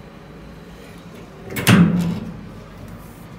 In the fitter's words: Encaixa no lugar.